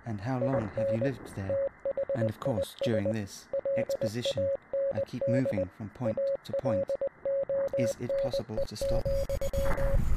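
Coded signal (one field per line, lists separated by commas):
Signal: Morse code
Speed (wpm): 20 wpm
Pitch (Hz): 550 Hz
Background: speech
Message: IN THIS LAND ALONE,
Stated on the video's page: Morse-like sound among real space sounds recorded by satellites, used in an anthology of short films.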